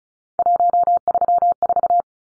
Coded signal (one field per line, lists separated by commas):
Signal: Morse code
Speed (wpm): 34 wpm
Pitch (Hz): 700 Hz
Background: none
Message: 134